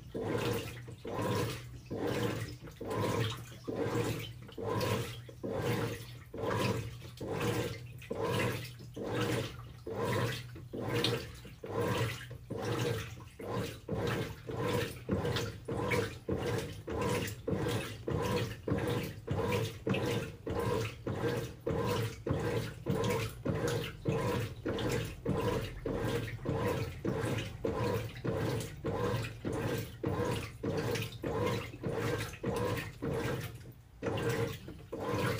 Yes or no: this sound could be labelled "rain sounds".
no